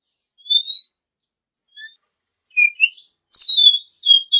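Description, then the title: Oriental magpie-robin song, a clear rising whistle, a short soft note, then a quick series of slurred whistled phrases. Champion bird. "Kicau Burung Kacer Juara"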